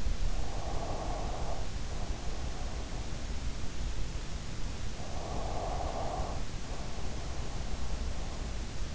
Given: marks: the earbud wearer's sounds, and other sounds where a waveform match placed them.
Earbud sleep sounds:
sounds in sleep by an in-ear microphone; breath
0.00-3.00 s: breath
4.92-8.39 s: breath

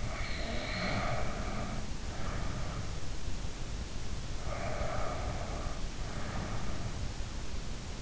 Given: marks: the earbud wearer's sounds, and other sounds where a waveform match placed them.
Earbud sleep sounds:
sounds in sleep by an in-ear microphone; snoring breath, breath
0.00-3.26 s: snoring breath
4.38-7.14 s: breath

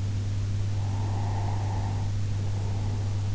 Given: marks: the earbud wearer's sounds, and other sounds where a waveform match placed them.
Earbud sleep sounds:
sounds in sleep by an in-ear microphone; breath
0.75-3.31 s: breath

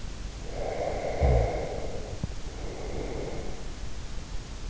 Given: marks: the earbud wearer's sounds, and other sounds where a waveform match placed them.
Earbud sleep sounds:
sounds in sleep by an in-ear microphone; snoring breath
0.31-3.67 s: snoring breath

